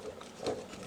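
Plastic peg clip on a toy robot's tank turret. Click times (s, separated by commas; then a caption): 0.2 s, 0.5 s. Someone folds the cannon on the tank turret of a plastic Transformers Legacy Armada Megatron robot toy. The loose plastic peg clip pops off, giving small plastic clicks at 0.2 s and 0.5 s over faint rubbing handling noise. The clip comes free because it is very loose.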